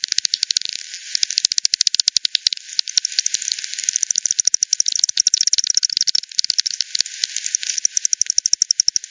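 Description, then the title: Rapid bat clicks in long rattling trains, dense and continuous across nine seconds. Multiple bats at Hogsmill River, Hogsmill Lane, 7 October 2020 at 18:10 Z; recorded with frequency division (FD 10), bandpass filtered and resampled. "bat 20201007 T 18 : 10 Z-Hogsmill-Lane-Hogsmill-River-multiple-bats-FD 10"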